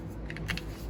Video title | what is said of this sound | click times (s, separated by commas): Quick And Easy Install Of New Kitchen Faucet! | Pop that back on. You can hear it clicking. Eventually it just stops. You're good to go. | 0.3 s, 0.4 s, 0.6 s